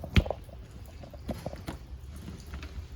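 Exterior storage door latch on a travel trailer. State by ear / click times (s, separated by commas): seated / 0.2 s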